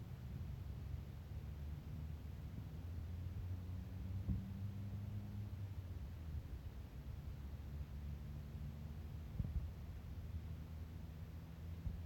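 Outdoor ambience at a lagoon in northern Ecuador, dominated by a steady low rumble and droning hum, like an engine or wind across the microphone. Soft hiss sits above it, with two brief knocks near four and nine seconds.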